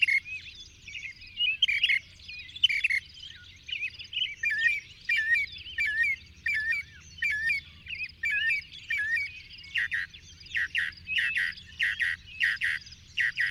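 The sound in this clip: Bird song, a busy run of varied warbles and chirps, turning into loud, evenly repeated sharp notes toward the end.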